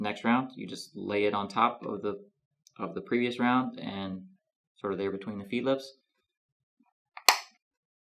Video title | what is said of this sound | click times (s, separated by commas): DBX Instructional Video 4 - Loading and Firing | to press it down you'll again feel it click in and they will stagger side to side | 7.3 s